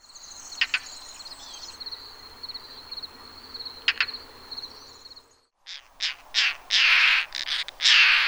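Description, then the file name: European roller: a steady high hum with a few clicks at first, then a brief silence, followed by loud, harsh, grating calls in the second half. "Coracias garrulus"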